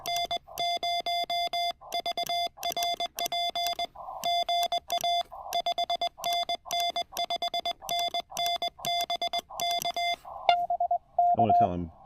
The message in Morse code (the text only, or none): N0VRP GA 5NN 5NN BK BK